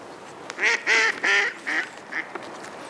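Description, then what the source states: Mallard giving loud, harsh, nasal quacks, about five in an uneven sequence, each one strong and buzzy, the later ones shorter and softer, over a faint hiss. Several mallards, recorded at a bay.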